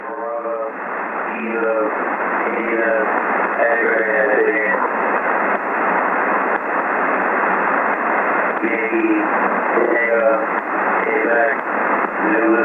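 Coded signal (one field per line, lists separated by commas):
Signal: coded military voice message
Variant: Emergency Action Message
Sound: voice reading a coded message through heavy single-sideband radio hiss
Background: radio static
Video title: Andrews AFB (Maryland, USA) - Emergency Action Message - 11175 khz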